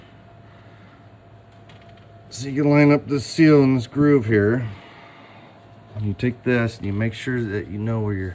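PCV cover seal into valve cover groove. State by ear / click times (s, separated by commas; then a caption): not seated / none. Someone talks while lining up the rubber seal of the PCV cover in its groove on the valve cover of a 2016 BMW X3, before the tabs are snapped home. A faint low hum runs underneath, with a small tap near 1.7 s. Nothing has seated or clicked yet.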